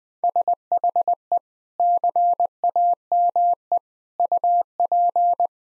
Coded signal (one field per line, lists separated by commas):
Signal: Morse code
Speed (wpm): 20 wpm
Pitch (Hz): 700 Hz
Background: none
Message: SHE CAME UP